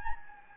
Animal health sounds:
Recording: mosquito wingbeat signal from an infrared sensor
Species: Anopheles gambiae

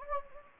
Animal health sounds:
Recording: mosquito wingbeat signal from an infrared sensor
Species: Anopheles gambiae

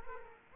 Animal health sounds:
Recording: mosquito wingbeat signal from an infrared sensor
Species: Culex quinquefasciatus

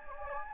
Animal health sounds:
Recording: mosquito wingbeat signal from an infrared sensor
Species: Anopheles gambiae

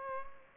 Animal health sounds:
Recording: mosquito wingbeat signal from an infrared sensor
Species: Culex pipiens

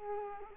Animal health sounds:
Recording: mosquito wingbeat signal from an infrared sensor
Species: Culex quinquefasciatus

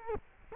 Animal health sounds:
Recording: mosquito wingbeat signal from an infrared sensor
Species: Culex quinquefasciatus

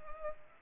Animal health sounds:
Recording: mosquito wingbeat signal from an infrared sensor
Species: Culex pipiens

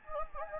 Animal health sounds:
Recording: mosquito wingbeat signal from an infrared sensor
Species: Anopheles gambiae

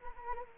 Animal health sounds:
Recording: mosquito wingbeat signal from an infrared sensor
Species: Anopheles arabiensis

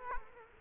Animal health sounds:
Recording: mosquito wingbeat signal from an infrared sensor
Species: Culex quinquefasciatus

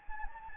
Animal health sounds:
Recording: mosquito wingbeat signal from an infrared sensor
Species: Anopheles gambiae

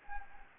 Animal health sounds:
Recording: mosquito wingbeat signal from an infrared sensor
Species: Anopheles gambiae

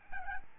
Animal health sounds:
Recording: mosquito wingbeat signal from an infrared sensor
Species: Aedes albopictus

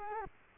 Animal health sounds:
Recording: mosquito wingbeat signal from an infrared sensor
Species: Culex quinquefasciatus

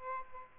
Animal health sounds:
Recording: mosquito wingbeat signal from an infrared sensor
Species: Aedes albopictus

